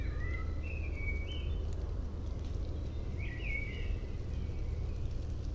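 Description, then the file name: Common blackbird song, two soft fluty phrases separated by a short pause, set against a steady low rumble. "Turdus merula"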